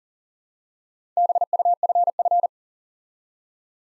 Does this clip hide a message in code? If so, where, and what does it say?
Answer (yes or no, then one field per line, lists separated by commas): yes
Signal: Morse code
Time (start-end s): 1.2-2.5 s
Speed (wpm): 41 wpm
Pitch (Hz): 700 Hz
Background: none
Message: BUFF